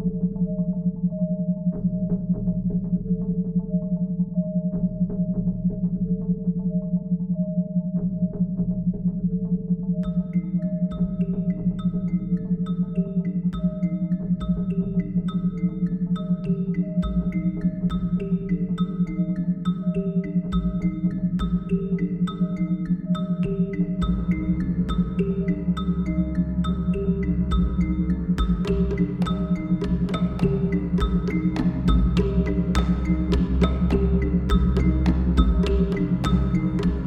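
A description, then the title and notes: Binaural beats: a steady low hum holds unbroken under everything, with a soft pulsing bass beneath. Around ten seconds a bright, twinkling melody of repeating notes enters, and from about twenty-five seconds ticking clicks and fuller layers build the sound denser. This meditation includes binaural beats and is best experienced with headphones.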